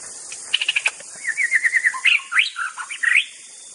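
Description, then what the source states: White-rumped shama song, a lively run of clear whistled notes, quick repeated chips and rising slurred phrases, over a constant high-pitched insect drone. Wild bird from forest.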